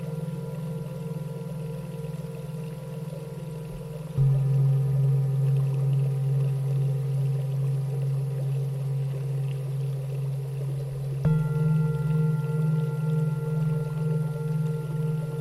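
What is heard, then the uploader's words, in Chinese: Tibetan singing bowls ring in a steady, low, humming drone with a few fainter bright overtones above it. At about four seconds and again near eleven seconds, a fresh strike brings in a slightly different, louder tone that sustains evenly to the end. 西藏頌缽。Tibetan Singing Bowls。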